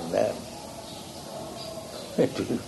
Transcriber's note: laughing